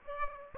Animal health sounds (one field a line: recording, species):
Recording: mosquito wingbeat signal from an infrared sensor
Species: Aedes aegypti